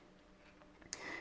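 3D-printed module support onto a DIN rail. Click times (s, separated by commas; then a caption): 0.9 s. A 3D-printed plastic DIN-rail support holding a module is pressed onto the rail in an electrical panel. A faint tick at 0.8 s comes before a sharp snap at 0.9 s, followed by a brief bright ringing. The support clips onto the rail and is seated.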